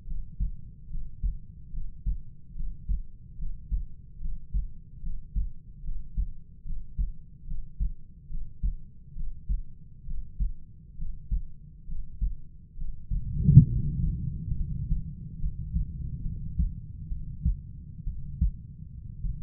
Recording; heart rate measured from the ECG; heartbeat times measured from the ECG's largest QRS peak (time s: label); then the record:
heart sounds by stethoscope; 69 bpm
0.06 s: heartbeat
0.89 s: heartbeat
1.72 s: heartbeat
2.54 s: heartbeat
3.37 s: heartbeat
4.19 s: heartbeat
5.01 s: heartbeat
5.83 s: heartbeat
6.64 s: heartbeat
7.46 s: heartbeat
8.29 s: heartbeat
9.15 s: heartbeat
10.05 s: heartbeat
10.97 s: heartbeat
11.86 s: heartbeat
12.76 s: heartbeat
13.67 s: heartbeat
14.56 s: heartbeat
15.39 s: heartbeat
16.22 s: heartbeat
17.08 s: heartbeat
18.04 s: heartbeat
19.22 s: heartbeat
From the record:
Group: healthy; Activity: Valsalva maneuver 0-14 s, rest 14-19 s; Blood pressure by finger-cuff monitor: 91/50 mmHg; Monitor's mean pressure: 59 mmHg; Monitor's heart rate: 72 bpm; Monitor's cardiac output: 5.7 L/min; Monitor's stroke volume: 79 mL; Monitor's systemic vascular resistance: 700 dyn s/cm5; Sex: male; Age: 25 years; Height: 170 cm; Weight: 70.4 kg